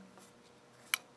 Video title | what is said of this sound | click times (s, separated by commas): Valve oiling | slide it back in there and wait for the click ready and | 0.9 s